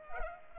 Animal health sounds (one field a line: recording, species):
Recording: mosquito wingbeat signal from an infrared sensor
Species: Culex pipiens